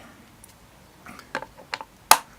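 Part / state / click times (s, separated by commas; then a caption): battery compartment lid onto vape mod body / seated / 2.1 s. After the battery is put in, the plastic/metal battery door lid of a Vaporesso Polar vape mod is pressed back onto the body, with a few light ticks around 1.4 s and 1.7 s. It snaps shut with a sharp, loud click at 2.1 s, seating firmly in place with only a tiny bit of movement.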